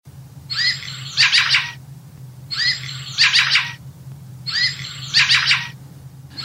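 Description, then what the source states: Fieldfare calls, harsh chattering bursts repeated three times, about every two seconds, each a rough grating cluster with a low steady hum underneath. Played example from the app Bird Sounds of Europe by Henk Meus.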